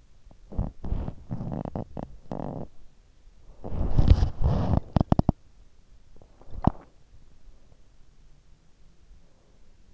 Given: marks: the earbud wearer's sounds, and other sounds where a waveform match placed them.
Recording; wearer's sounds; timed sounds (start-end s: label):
sounds in sleep by an in-ear microphone; body movement, breath
0.00-8.43 s: body movement
9.13-9.89 s: breath